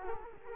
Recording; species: mosquito wingbeat signal from an infrared sensor; Culex quinquefasciatus